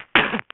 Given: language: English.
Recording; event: throat vibration sensor signal played as sound; cough